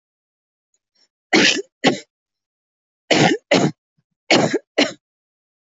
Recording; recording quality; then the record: heavy voluntary cough; moderate, slight background noise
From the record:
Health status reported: healthy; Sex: female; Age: 40 years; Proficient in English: no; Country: India